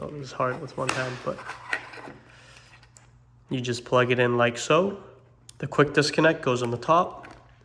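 A slave controller wiring harness connector for a RAM custom ambient lighting kit is pushed by hand toward its mating plug on the ambient lighting controller connector, with the quick-disconnect tab on top. Someone talks over a few faint handling taps. The connector is not yet home, and nothing has seated or clicked yet.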